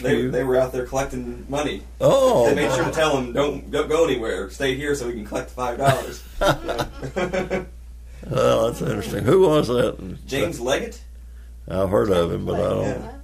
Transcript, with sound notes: …they, they were out there collecting money.
Oh!
They made sure to tell them don’t go, go anywhere, stay here so that we can collect five dollars [laughter]
Well, that’s interesting. Who was that in…
James Legate.
I’ve heard of him, but I don’t.